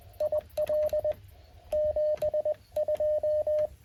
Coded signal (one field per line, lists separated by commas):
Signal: Morse code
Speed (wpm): 20 wpm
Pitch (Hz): 590 Hz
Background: radio noise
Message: IL 72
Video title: Morse code POTA activation 10/14/2024